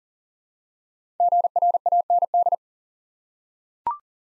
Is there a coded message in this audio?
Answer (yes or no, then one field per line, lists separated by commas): yes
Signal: Morse code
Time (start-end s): 1.2-2.5 s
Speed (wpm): 38 wpm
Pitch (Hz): 700 Hz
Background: none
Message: GRAND